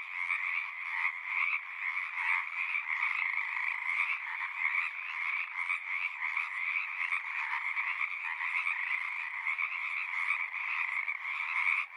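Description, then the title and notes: Pacific tree frogs calling in a dense chorus, overlapping croaks forming a continuous raucous wall of sound with no pauses. Large raucous community at frog ponds in Seattle, Washington, USA; recorded on a Sound Devices 702 with an ORTF pair of Røde NT5 microphones. "One local community here in Seattle is located in the Frog Ponds of Magnusson Park"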